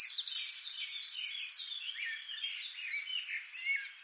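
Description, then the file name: Eurasian wren song: loud, very fast high trills and sharp notes tumbling together, including a rattling buzzy trill near the start, then a quieter rapid twittering run. "Troglodytes troglodytes"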